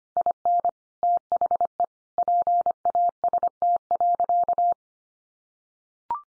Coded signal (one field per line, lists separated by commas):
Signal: Morse code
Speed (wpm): 25 wpm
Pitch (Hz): 700 Hz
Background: none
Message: IN THE PAST.